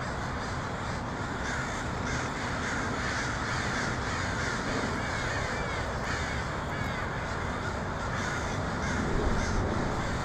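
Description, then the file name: Crows calling in a noisy flock, many rough caws overlapping several times a second, with steady low background rumble. Crows in Portland (pdx), 23 October 2018. "pdx crows 2018-10-23"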